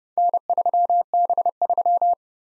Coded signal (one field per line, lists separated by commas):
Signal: Morse code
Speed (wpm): 29 wpm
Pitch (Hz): 700 Hz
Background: none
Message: N3B3